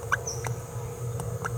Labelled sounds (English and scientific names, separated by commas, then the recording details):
Green-rumped Parrotlet (Forpus passerinus) babbling
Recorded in a nest box in Venezuela
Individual 18B17A4